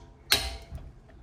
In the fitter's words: there's your click. So I know that that is now 85.